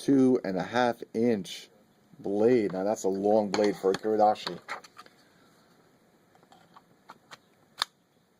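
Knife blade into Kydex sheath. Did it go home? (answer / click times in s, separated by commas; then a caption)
yes / 7.8 s. Someone talks, then a black Kiridashi knife, under 6 1/4 inches long with a 2.5 inch blade, is pushed into its molded Kydex plastic sheath amid a few soft handling ticks. It snaps home with a sharp retention click at 7.8 s, and the blade is seated.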